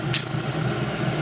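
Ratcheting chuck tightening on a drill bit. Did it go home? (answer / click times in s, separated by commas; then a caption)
yes / 0.1 s, 0.3 s, 0.4 s, 0.5 s, 0.6 s. The ratcheting chuck of a DEWALT 12V XTREME brushless drill is turned by hand until it bites on a drill bit, then ratchets as it is tightened. Sharp clicks are heard at 0.1, 0.3, 0.4, 0.4, 0.5 and 0.6 seconds. The chuck tightens onto the bit.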